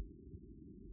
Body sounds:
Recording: neck accelerometer signal played as sound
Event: no cough (speech, laughter, throat clearing or background)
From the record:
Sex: female

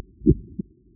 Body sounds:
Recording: neck accelerometer signal played as sound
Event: voluntary cough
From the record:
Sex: male

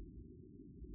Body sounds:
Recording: neck accelerometer signal played as sound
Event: no cough (speech, laughter, throat clearing or background)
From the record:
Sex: female

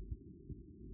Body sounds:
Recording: neck accelerometer signal played as sound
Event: no cough (speech, laughter, throat clearing or background)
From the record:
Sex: male

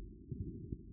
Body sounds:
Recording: neck accelerometer signal played as sound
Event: no cough (speech, laughter, throat clearing or background)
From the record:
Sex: female

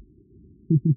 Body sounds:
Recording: neck accelerometer signal played as sound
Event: no cough (speech, laughter, throat clearing or background)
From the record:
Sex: male

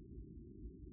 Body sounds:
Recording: neck accelerometer signal played as sound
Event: no cough (speech, laughter, throat clearing or background)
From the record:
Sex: male

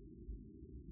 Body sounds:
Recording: neck accelerometer signal played as sound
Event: no cough (speech, laughter, throat clearing or background)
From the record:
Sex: female

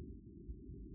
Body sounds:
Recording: neck accelerometer signal played as sound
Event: no cough (speech, laughter, throat clearing or background)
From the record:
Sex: male

